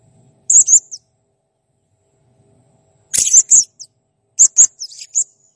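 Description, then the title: Blue-crowned hanging parrot uttering clusters of piercing high chirps, a short group early, then two quick runs of sharp twittering notes after a silent pause. Masteran tutor recording of a serindit in full, active song ('gacor'), described as clear. "Masteran Burung Serindit Ll Masteran Serindit Gacor Jernih"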